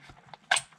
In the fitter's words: you hear that click that locks in